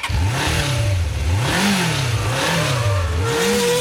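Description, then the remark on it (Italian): A motorcycle engine revs repeatedly, its pitch surging up and dropping back in a steady wave-like rhythm, loud and continuous with no voices. “Ti piace andare in moto? Ti piacciono le moto?”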